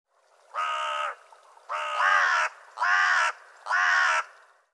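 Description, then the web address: Bird uttering four harsh caws, each about half a second to a second long, in a steady series. "cianscape birddata Deverinetal 2025"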